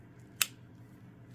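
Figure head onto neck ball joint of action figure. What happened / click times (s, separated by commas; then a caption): The figure's head snapped onto its ball joint / 0.4 s. The head of a King Arts Gaiking collectible robot figure is pushed down onto its neck ball joint against a quiet, steady low background. A single sharp, bright click sounds at 0.4 s as the head snaps into place, seated on the ball joint.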